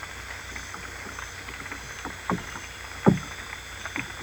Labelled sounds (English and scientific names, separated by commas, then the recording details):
none
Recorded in dense forest near Puerto Asís, Putumayo, Colombia, on 22 December 2024 at 20:00
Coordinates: 0.486, -76.317
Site G003